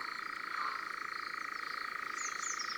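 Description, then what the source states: European nightjar song, an unbroken mechanical churr of fast pulses, steady throughout, with a faint higher note toward the end. June bird song; purrs like a small motor.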